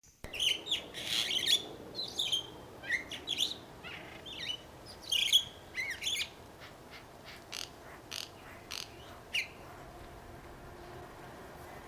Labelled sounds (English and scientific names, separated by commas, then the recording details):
Crested Myna (Acridotheres cristatellus) song
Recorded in captivity
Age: adult
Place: Zoo Berlin, Berlin, DE
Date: 1997-10-25 10:42
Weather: cloudy, 3°C
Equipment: Nagra SN, Kopie Uher 4000 Report Monitor
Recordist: Tembrock, Günter
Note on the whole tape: Gesang